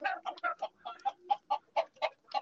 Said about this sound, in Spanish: Para Cartografía Sonora en Onda Nassau quiero recoger el sonido de unas gallinas, gallos y pollitos en Castro Nuño, en la Josa La Vicena. Alrededor se ven gallinas, gallos, pollitos, perros, mucho campo.